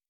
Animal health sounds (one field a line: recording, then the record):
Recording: hydrophone in a shrimp aquaculture tank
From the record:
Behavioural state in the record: normal